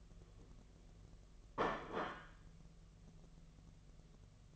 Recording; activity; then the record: daily activity, microphone in the room; place plate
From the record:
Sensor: 4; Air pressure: 1016.0 hPa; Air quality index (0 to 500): 209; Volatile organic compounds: 13 ppm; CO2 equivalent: 2405 ppm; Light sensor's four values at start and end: 12/28/11/11 and 12/28/11/11